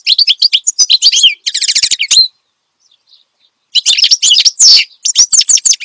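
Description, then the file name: Finch song: rapid high chirps, a buzzy rattling trill, a pause of over a second, then more quick twittering. Energetic finch song intended for training other songbirds (masteran). "Suara Kicauan Burung Finch Gacor Dor Cocok Untuk Masteran"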